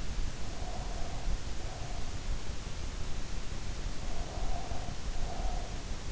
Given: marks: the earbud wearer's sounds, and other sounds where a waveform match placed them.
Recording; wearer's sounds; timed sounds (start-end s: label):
sounds in sleep by an in-ear microphone; breath
0.34-2.23 s: breath
3.95-5.90 s: breath